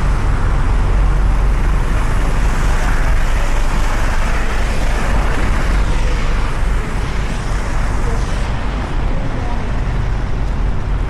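A rainy London city walk with a dense, steady wash of traffic rumble and hiss, faint voices, and slightly quieter moments after eight seconds.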